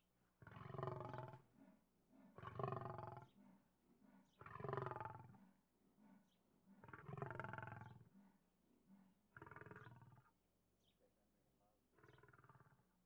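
Lion producing a run of six rough, pulsing growls, fading slightly toward the end, over a faint low hum.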